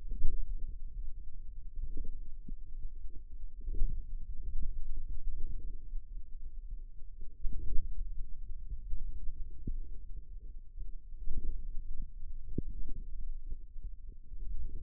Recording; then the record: forearm muscle sounds (acoustic myography)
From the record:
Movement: finger pinch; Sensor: system 2, bracelet of six BSWA MPA416 microphones around the upper forearm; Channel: 5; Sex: male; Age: 22 years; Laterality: right